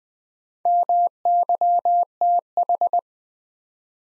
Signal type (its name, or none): Morse code